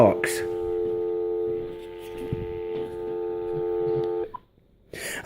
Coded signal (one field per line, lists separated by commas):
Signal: telephone call progress tone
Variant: North America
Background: speech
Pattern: dial tone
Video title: Cordless Phone Unboxing